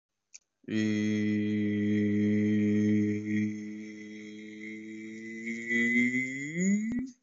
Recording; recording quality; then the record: sustained vowel as in beet; excellent, no background noise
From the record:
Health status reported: COVID-19 positive, no symptoms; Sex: male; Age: 28 years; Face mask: not worn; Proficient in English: no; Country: India